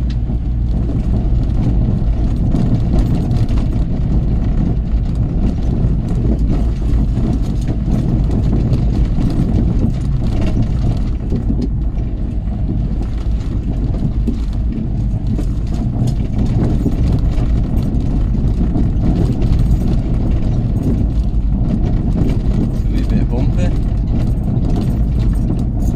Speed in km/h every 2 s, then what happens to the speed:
24, 23, 23, 21, 21, 19, 19, 19, 19, 21, 21, 19, 21.
0-26 steady at about 21.